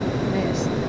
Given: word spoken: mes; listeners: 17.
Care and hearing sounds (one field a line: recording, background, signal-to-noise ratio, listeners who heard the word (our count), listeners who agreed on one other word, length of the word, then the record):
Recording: one Spanish word in noise, from a listening test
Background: speech-shaped noise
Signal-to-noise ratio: -6.6 dB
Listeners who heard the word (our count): 2 of 17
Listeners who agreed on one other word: 10 of 17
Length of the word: 0.49 s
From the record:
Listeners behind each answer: 10, 2, 2, 1, 1, 1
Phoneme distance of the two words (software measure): 10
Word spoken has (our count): 1 syllable, 3 phonemes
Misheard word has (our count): 1 syllable, 3 phonemes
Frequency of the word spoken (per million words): 176.70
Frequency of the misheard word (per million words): 31.61